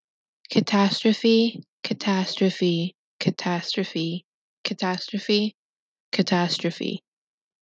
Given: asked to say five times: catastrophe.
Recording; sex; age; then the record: repeated word; female; 20 to 29 years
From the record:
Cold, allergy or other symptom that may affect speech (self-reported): no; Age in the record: 22 years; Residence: New York, United States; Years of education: 16